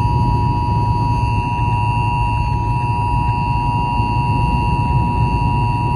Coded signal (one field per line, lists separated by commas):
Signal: Emergency Alert System (SAME) tones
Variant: 853 and 960 Hz attention tone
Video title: Tornado Warning on WNXT FM 99.3. 2-27-23 EAS 122.